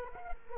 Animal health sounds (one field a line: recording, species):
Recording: mosquito wingbeat signal from an infrared sensor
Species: Culex quinquefasciatus